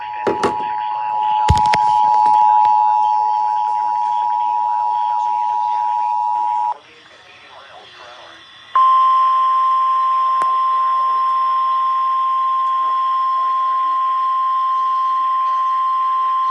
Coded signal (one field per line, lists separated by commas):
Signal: Emergency Alert System (SAME) tones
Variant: 853 and 960 Hz attention tone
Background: speech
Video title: SVR On WXL70 And 107.9 FM EAS #558